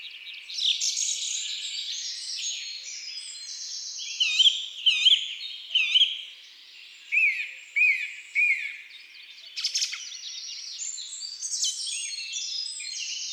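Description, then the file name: Song thrush song of repeated motifs: a looping note sung three times, then another phrase repeated three times. Woodland and forest birds. "Grive musicienne Chants doiseaux des bois et des forets"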